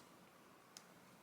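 The small bottle-opener lip piece on a metal SOG PowerPint pocket multitool is flipped out and locks open. A single short, sharp tick sounds at 0.8 s over steady low background noise, and the piece is locked open.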